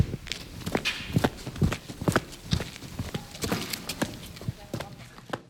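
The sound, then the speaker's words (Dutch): Footsteps walk toward a room at a steady pace, each step a sharp, clacking tap in an even rhythm, about a dozen in all, with faint background murmur beneath them. “Dus daar kunnen we nu even naartoe lopen.”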